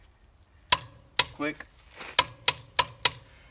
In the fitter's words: know it's tight when you hear the click